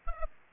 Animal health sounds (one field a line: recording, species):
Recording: mosquito wingbeat signal from an infrared sensor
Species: Aedes aegypti